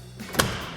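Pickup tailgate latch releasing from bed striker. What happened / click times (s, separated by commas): The tailgate latch released / 0.4 s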